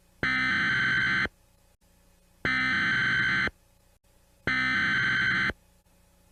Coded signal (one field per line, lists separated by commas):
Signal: Emergency Alert System (SAME) tones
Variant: header bursts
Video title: EAS MOCK: Golden Gate Collapse